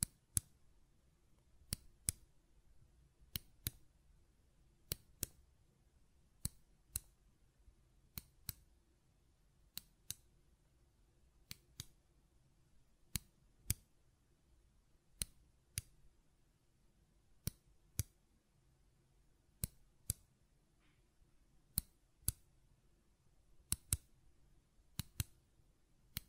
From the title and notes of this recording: ASMR Button Clicking and Tapping Sounds (No Talking).